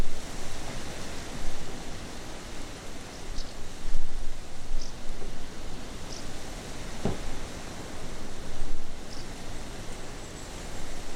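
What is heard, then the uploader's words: Rain and wind roar steadily across the water, a dense, unbroken hiss that swells and eases slightly over the seconds. Short, high swift calls cut through about every one to two seconds, and a single sharp creak sounds around seven seconds. Sheltering inside a bird hide looking out directly over Farmoor Reservoir, as a rainstorm sweeps in and across the water, we listen to the roar of the wind, the pounding rain and the calls of swifts flying in front of us, all from the safety of this wooden shack, which creaks periodically as it responds to the rainstorm.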